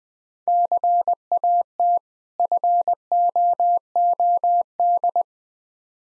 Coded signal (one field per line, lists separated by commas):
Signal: Morse code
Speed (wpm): 20 wpm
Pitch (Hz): 700 Hz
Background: none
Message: CAT FOOD